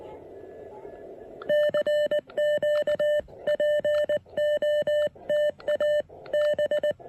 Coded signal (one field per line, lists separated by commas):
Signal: Morse code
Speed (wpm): 19 wpm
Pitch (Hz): 600 Hz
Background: none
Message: CQ POTA B